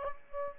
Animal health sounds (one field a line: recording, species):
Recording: mosquito wingbeat signal from an infrared sensor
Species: Aedes aegypti